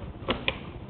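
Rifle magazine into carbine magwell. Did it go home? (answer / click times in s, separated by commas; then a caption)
yes / 0.3 s, 0.5 s. A rifle magazine is tilted and inserted into the magwell of a Kel-Tec SU-16C .223 carbine with its stock folded, and it locks into place. Two sharp clicks are heard, at 0.3 seconds and a louder one at 0.5 seconds (0.48 s), over a low background hum. The magazine is seated and ready.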